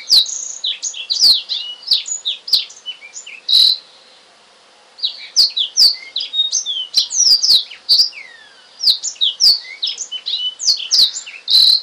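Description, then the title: Oriental magpie-robin song of rich, varied whistles and quick slurs with frequent clicking ticks, broken by a pause of about a second. "Kicau Kacer"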